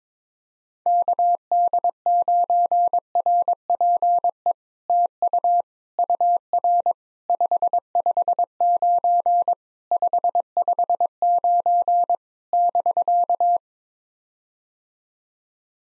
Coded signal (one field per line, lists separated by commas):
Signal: Morse code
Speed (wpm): 22 wpm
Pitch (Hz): 700 Hz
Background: none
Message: KD9RPE TU UR 559 559 <BK>